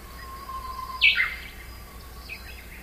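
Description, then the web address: Japanese bush warbler giving a soft, held whistle, then a brief, loud, fluttering burst of notes over a low background hum. "nishikawa uguisu"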